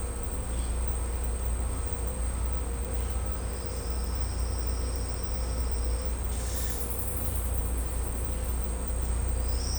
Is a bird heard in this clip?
no